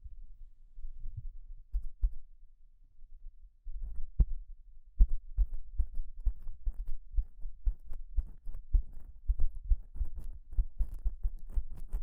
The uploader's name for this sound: Gloves Sounds